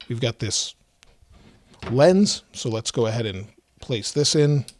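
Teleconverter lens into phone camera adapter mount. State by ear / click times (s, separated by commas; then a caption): not seated / none. Someone talks while handling a large teleconverter lens, about to fit it onto the adapter mounted on the camera bump of an OPPO Find X9 Ultra phone. A faint tick is heard near 1.0 s and a softer one near 1.7 s between the talking. The lens has not seated or clicked into the adapter yet.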